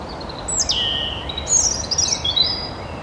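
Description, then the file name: European robin song: a high note dropping to a sustained whistle, followed by quick, glittering high twitters, with a soft steady hiss behind. "Erithacus rubecula"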